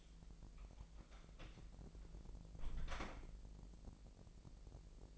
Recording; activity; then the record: daily activity, microphone in the room; close door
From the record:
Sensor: 5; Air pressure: 1001.6 hPa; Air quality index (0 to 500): 249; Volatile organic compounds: 33 ppm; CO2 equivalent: 3022 ppm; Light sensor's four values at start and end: 36/84/33/32 and 37/86/34/33